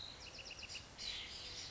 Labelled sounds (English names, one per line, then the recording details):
Bewick's Wren
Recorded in Sonoma County, California